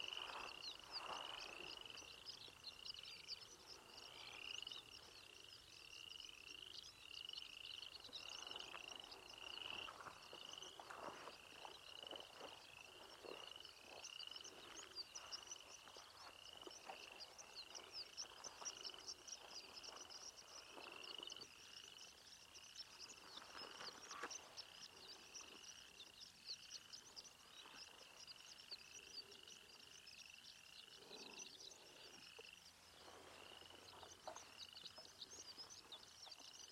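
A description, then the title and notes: Grassland at dawn, filled with a dense, unbroken chorus of frogs trilling in rapid, even pulses at a high pitch for the whole clip. Sharper chirps and scattered clicks pop over the chorus, and a faint low rumble appears near the end. Pawnee Grassland at Dawn. NE Colorado.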